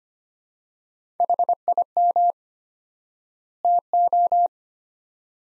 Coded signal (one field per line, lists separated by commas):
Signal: Morse code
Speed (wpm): 25 wpm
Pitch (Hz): 700 Hz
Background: none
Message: HIM TO